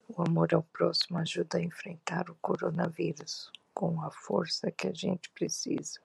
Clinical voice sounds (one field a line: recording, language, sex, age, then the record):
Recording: spoken sentence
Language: Brazilian Portuguese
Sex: female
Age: 50 to 59 years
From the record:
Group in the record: control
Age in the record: 51 years